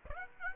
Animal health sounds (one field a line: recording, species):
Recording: mosquito wingbeat signal from an infrared sensor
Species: Aedes aegypti